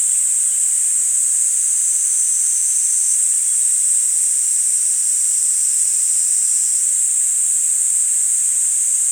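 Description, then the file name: Kaempfer cicada: unbroken shrill buzzing at a high pitch, with a faint lower tone layered in briefly twice. "Platypleura kaempferi"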